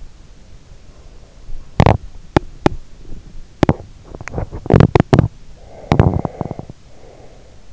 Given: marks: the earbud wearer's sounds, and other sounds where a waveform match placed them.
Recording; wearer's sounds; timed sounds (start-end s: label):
sounds in sleep by an in-ear microphone; teeth grinding, breath
1.65-2.85 s: teeth grinding
3.56-6.91 s: teeth grinding
5.56-7.73 s: breath